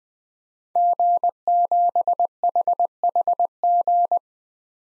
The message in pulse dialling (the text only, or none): none